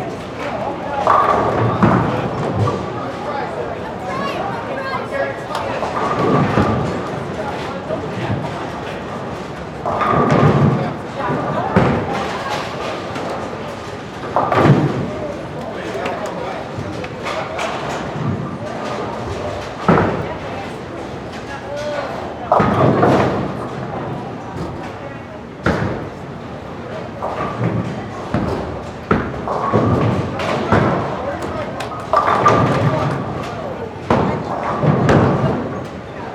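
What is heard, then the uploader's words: Bowling alley ambience: a steady murmur of voices and chatter runs throughout, broken every few seconds by sharp crashing thuds, like balls striking pins, about ten times over the clip. A faint steady tone hums underneath the crowd noise. Bowling Alley Ambience.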